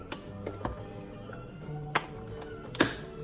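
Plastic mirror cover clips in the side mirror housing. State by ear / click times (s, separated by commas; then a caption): released / 2.0 s, 2.8 s. A plastic side-view mirror cover on a Tesla Model S is pried off its housing, and its retaining clips release one after another. Soft taps come early, then sharp plastic pops at 2.0 s and 2.8 s over a faint steady tonal background. The clips are popped loose and the cover is released.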